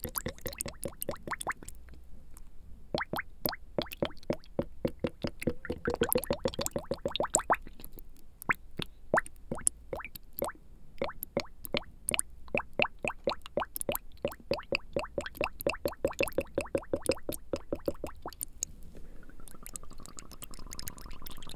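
Water drops fall in a quick, fairly regular patter of sharp, clicky plops, several per second. The drips hold steady across the whole stretch, and near the end a soft, brighter hiss of spray rises underneath them.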